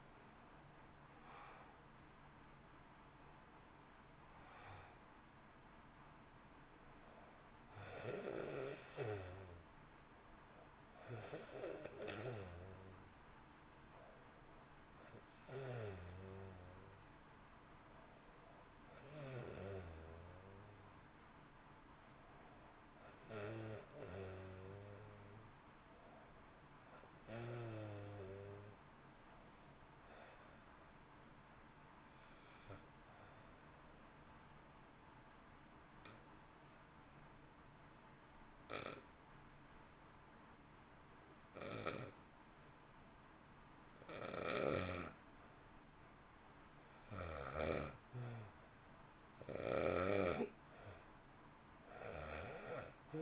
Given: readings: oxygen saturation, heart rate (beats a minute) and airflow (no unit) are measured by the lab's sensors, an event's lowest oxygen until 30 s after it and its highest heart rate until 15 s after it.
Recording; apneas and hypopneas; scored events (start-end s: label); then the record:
breathing in sleep by a voice recorder at the bedside; 1
29.00-47.20 s: hypopnea (N1, oxygen 96% highest, then 86% lowest, heart rate 55 at the start, 60 highest)
From the record:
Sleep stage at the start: N1 (lightest sleep); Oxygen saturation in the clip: 86 to 96%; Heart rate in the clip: 51 to 62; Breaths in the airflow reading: 15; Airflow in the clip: -2.2 to 2.0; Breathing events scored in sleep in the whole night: 328 in 6.3 hours asleep